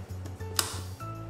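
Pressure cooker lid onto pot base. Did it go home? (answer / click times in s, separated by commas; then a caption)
yes / 0.6 s. A Fagor Futuro stovetop pressure cooker lid is placed on the pot base with the arrows lined up and turned until it locks. Over a low, steady hum, one sharp click sounds at 0.6 s as the lid seats shut.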